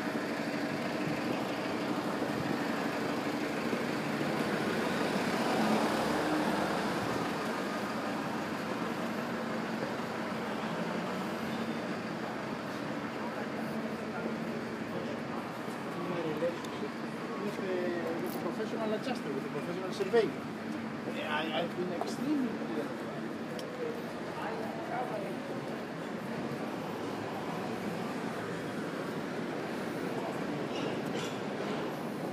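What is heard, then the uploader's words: Marylebone High Street on a Thursday morning: a steady wash of traffic hum runs throughout, with a low engine drone underneath. Scattered voices and footsteps drift through, and a brief sharp clatter or squeak stands out around twenty seconds. Marylebone High Street on a Thursday morning.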